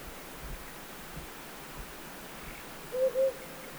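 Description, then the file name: Himalayan wood owl giving a short, low, two-part hooting note late, over a soft steady hiss. Recorded at Hu Ping Shan, Hunan, China, on 2 July 2012. "Himalayan Wood Owl 120702 China Hunan Hu Ping Shan"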